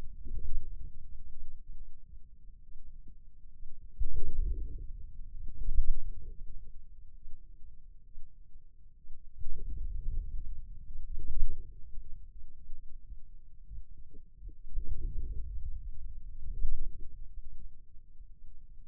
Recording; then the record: forearm muscle sounds (acoustic myography)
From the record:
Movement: inward rotation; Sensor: system 2, bracelet of six BSWA MPA416 microphones around the upper forearm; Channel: 5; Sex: male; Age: 22 years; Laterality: right